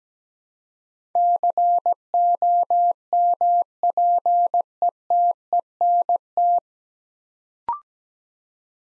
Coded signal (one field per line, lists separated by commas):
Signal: Morse code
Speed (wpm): 17 wpm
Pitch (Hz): 700 Hz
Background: none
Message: COMPETENT